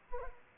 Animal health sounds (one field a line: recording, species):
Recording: mosquito wingbeat signal from an infrared sensor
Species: Anopheles gambiae